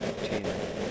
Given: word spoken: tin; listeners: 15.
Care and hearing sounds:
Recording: one English word in noise, from a listening test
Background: noise modulated by three-talker babble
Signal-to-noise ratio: -6.1 dB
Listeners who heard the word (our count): 2 of 15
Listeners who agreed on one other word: 10 of 15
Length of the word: 0.52 s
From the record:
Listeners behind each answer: 10, 2, 1, 1, 1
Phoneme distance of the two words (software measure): 17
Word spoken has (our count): 1 syllable, 3 phonemes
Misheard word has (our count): 1 syllable, 2 phonemes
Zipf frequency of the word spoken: 4.35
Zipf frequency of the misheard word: 4.23

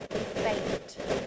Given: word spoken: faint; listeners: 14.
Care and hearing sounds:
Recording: one English word in noise, from a listening test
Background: noise modulated by three-talker babble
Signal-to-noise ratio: -4.9 dB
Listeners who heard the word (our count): 4 of 14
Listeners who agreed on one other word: 6 of 14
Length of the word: 0.87 s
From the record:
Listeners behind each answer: 6, 4, 2, 1, 1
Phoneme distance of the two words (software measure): 7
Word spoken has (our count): 1 syllable, 4 phonemes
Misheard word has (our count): 1 syllable, 3 phonemes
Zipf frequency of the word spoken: 3.75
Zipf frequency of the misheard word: 4.22

